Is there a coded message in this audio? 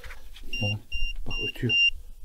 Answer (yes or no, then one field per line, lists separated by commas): no